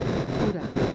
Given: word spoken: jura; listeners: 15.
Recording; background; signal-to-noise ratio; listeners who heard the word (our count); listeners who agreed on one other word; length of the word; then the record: one Spanish word in noise, from a listening test; noise modulated by three-talker babble; -3.6 dB; 0 of 15; 10 of 15; 0.55 s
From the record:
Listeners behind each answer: 10, 1, 1, 1, 1, 1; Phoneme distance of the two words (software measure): 10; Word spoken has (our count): 2 syllables, 4 phonemes, stress on syllable 1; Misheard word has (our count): 2 syllables, 4 phonemes, stress on syllable 1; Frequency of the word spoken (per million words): 2.63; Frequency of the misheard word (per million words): 30.98